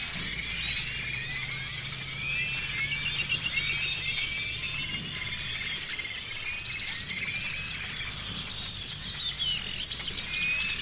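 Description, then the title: Birds call in a thick chorus of squeals, trills and rising whistles, overlapping without pause above a faint low rumble. Birds over the seafront (malecón) before dawn in Campeche, Mexico; recorded on a TASCAM DR-100 mkII with a RODE NTG-2 shotgun microphone and deadcat windshield. "Campeche, México - Aves sobre malecón en madrugada"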